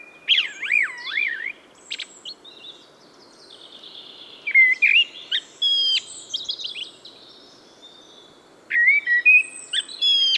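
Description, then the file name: Common blackbird song with a warbling, wavering whistled opening, later high twittering notes and a final phrase of clear whistles. "Turdus merula"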